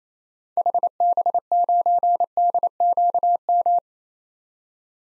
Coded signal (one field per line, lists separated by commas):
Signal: Morse code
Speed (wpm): 28 wpm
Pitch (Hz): 700 Hz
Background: none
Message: HB9DQM